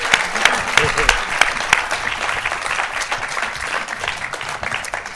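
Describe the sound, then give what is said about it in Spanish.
A burst of audience applause for a famous guest, dense and steady clapping that holds for about five seconds with a few sharper claps standing out early on. “Vamos, coño, a dar un aplausillo.”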